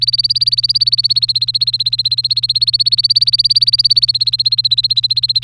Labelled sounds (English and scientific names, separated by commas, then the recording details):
Domestic Canary (Serinus canaria) song
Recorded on 3 May 2018 at 11:55
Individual llb3